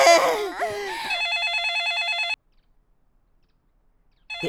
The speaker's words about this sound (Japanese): 電話。 ああ、もうなんでこんな時に。